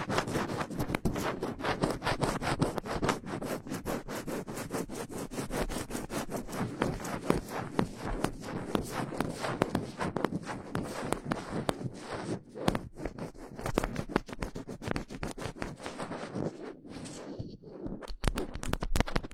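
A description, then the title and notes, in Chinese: Fingers scratch and scrabble across a microphone in a dense, continuous rush of rough, crackly strokes that fill the full range from low thumps to bright hiss. The scratching stays fast and busy throughout, with brief gaps and sharper bursts after about twelve seconds. 手指抓挠话筒。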